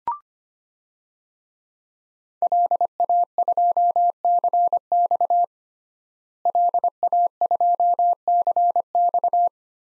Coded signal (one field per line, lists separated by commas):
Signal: Morse code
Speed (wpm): 25 wpm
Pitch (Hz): 700 Hz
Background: none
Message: LA2CX LA2CX